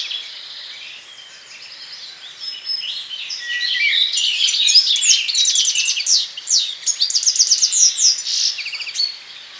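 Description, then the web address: European goldfinch singing, starting softly then swelling into rapid, jangling twitters and dry buzzy trills, a bright high-pitched medley. "geluiden putter zang"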